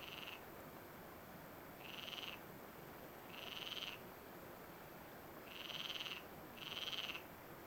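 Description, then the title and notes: Frog giving several short notes at uneven intervals over a steady background hiss. A few frogs, evening ambience on the bridge at Bolulla, Alicante province, Spain; recorded by JF Cavro with a Zoom F3 and AKG 451B. "Bolulla - Province d'Alicante - Espagne Ambiance du soir sur le pont - quelques grenouilles. . Prise de sons : JF CAVRO ZOOM F3 + AKG 451B"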